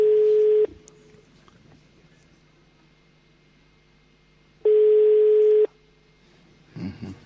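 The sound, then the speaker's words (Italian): A steady, mid-pitched ringback tone sounds twice, each burst about a second long with a few seconds of silence between, like a phone ringing on the line during an outgoing call. A brief voice follows. “Squilla il telefono.”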